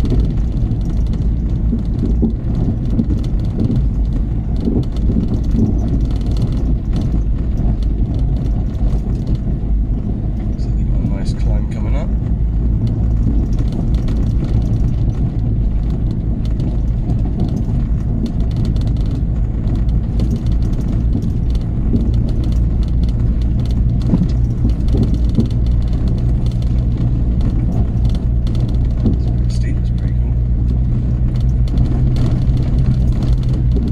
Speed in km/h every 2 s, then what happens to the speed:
23, 23, 23, 21, 21, 21, 23, 23, 23, 23, 23, 23, 23, 24, 24, 24, 24.
0-34 steady at about 23.